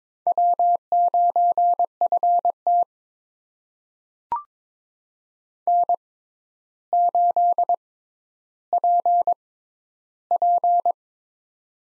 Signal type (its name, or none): Morse code